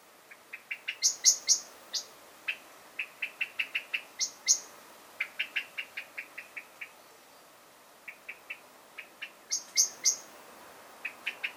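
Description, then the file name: Common blackbird calling with a series of short, sharp chinking notes, some clustered in quick runs and others spaced irregularly. "Turdus merula"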